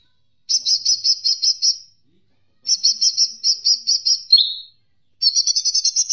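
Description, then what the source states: Leafbird repeats a rapid, evenly pulsed high chatter twice, the second ending in a lower slurred note, then starts a brighter rising phrase. Indonesian masteran training recording for cage birds, ijo mini type.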